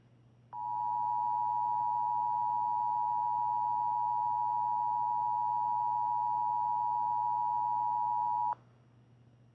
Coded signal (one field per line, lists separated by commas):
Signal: Emergency Alert System (SAME) tones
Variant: 853 and 960 Hz attention tone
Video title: (OLD) Fires From Heaven 2: John's Comet (EAS Valentine's Day Special)